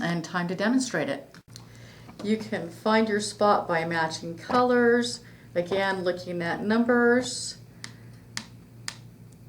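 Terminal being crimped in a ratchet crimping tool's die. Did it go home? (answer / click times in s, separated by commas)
yes / 7.8 s, 8.4 s, 8.9 s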